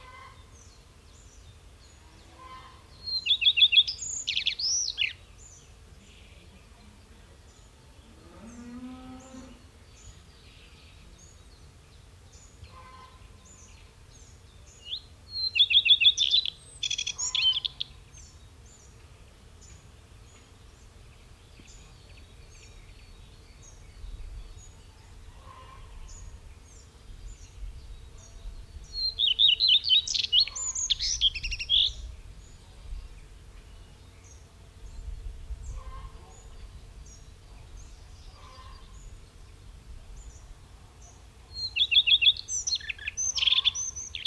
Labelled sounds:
Common Redstart (Phoenicurus phoenicurus) song

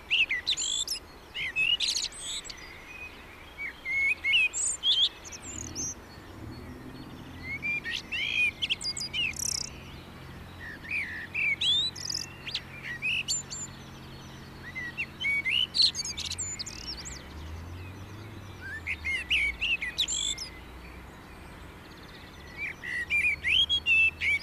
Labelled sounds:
Common Blackbird (Turdus merula) song

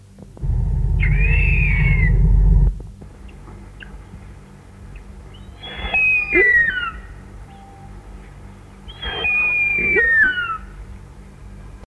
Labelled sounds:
Harpy Eagle (Harpia harpyja) call

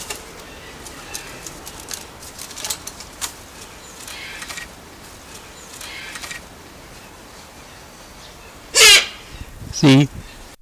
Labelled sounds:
Silvery-cheeked Hornbill (Bycanistes brevis) call

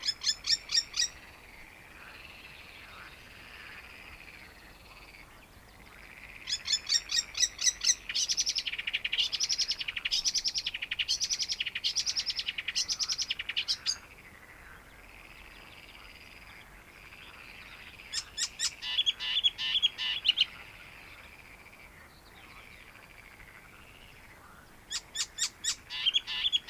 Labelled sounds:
Icterine Warbler (Hippolais icterina) song

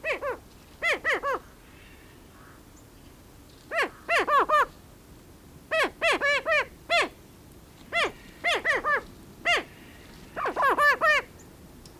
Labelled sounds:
Greater Prairie Chicken (Tympanuchus cupido) call

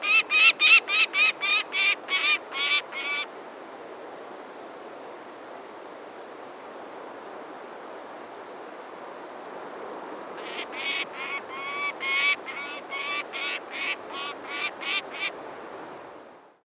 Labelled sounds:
Peregrine Falcon (Falco peregrinus)

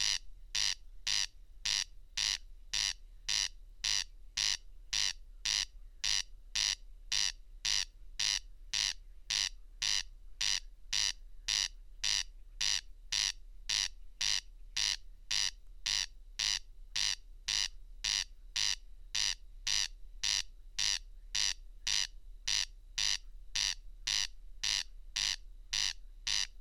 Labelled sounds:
Corn Crake (Crex crex) song

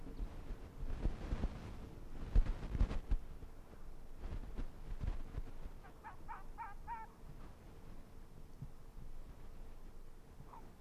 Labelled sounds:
Arctic Fox (Vulpes lagopus)

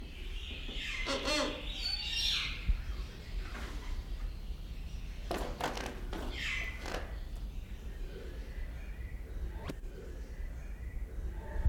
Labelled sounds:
Bali Myna (Leucopsar rothschildi)

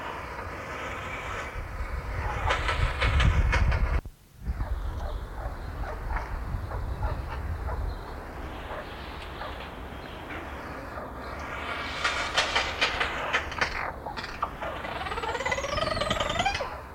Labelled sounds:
Crested Oropendola (Psarocolius decumanus) call

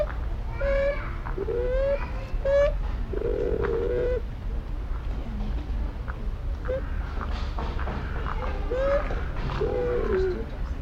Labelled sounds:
Bush Dog (Speothos venaticus)

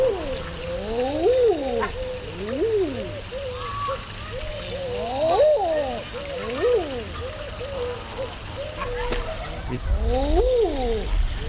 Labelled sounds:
Mallard (Anas platyrhynchos) call

